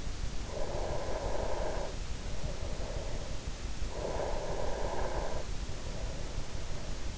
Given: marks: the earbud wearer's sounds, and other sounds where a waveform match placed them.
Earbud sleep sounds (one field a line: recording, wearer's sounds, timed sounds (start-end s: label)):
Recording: sounds in sleep by an in-ear microphone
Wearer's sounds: breath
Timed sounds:
0.37-3.70 s: breath
3.89-7.18 s: breath